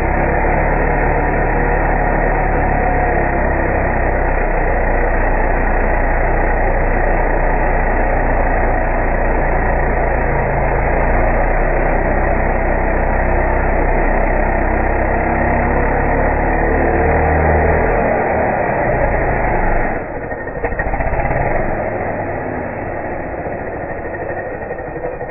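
A chainsaw runs steadily, a thick, constant engine drone with a rough low rumble and a busy midrange buzz that hardly varies. Around twenty seconds the sound briefly dips and wavers, then settles back to a slightly quieter steady running tone.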